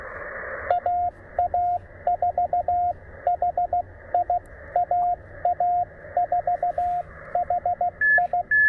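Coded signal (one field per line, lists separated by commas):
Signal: Morse code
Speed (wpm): 15 wpm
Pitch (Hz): 710 Hz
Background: radio noise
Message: AA4HI AA4HI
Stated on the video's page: QRP CW for a park (POTA) activation, TR-45L radio, MC-750 antenna, sent with a bug emulator and paddle.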